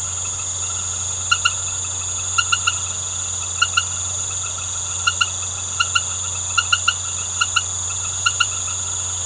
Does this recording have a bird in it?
no